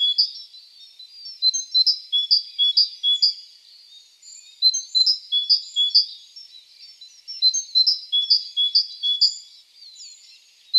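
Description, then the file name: Great tit song: ringing two-note phrases repeated rapidly in several strophes with pauses between. "Parus major"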